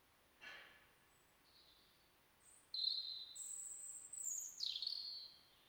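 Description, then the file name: European robin song: soft high notes, then louder thin whistled phrases rising and falling, with a brief faint rustle early on. "Erithacus rubecula"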